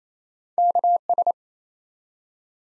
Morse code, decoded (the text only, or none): KS